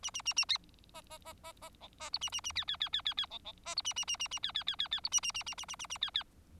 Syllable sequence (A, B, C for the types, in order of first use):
A A A A B B B B B C B D A A A E E E E E E C C B D A A A A A E E E E E D A A A A A A A A E E